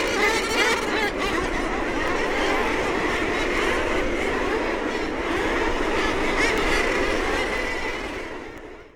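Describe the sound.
Common murres in a dense chorus of harsh, growling calls that overlap without pause into a steady roar, with no quiet gaps until it fades at the very end.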